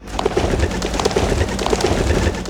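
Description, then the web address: Pigeons cooing, short low coos repeated over a busy, noisy background. "Best Service - Advanced Mega Effects TAUBEN"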